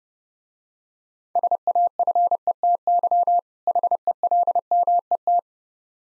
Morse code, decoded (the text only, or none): SAFETY HELMET